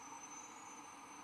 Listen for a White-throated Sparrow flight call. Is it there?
no